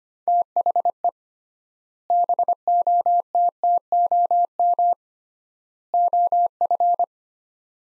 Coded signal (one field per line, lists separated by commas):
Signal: Morse code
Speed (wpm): 25 wpm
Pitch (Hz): 700 Hz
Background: none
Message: THE BOTTOM OF